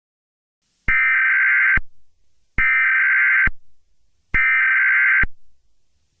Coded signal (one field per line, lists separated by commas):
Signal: Emergency Alert System (SAME) tones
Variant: header bursts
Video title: EAS Scenario #3.3 - Wonder of U